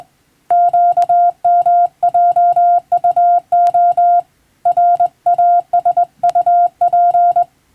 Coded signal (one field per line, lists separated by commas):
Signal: Morse code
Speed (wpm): 21 wpm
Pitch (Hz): 700 Hz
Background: none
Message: QMJUO RASUP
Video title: 【無線通信士国家試験の電気通信術って何？】今では懐かしいモールス無線通信、昭和はラジオからよく聞こえました。船と陸との唯一の通信手段、大変重要な無線通信でした。 morse code practice